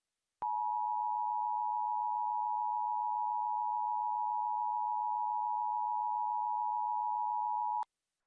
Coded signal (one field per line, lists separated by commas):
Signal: Emergency Alert System (SAME) tones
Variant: 853 and 960 Hz attention tone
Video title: THE END OF THE WORLD 2021 eas scenario